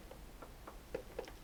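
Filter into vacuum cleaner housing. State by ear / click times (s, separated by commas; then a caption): not seated / none. A plastic filter is being handled and placed back into the housing of a Hoover Complete Performance corded bagged vacuum cleaner. Faint small ticks and knocks come through, with brief sharper taps around 0.9 s, 1.2 s and 1.3 s. Nothing has seated or clicked yet.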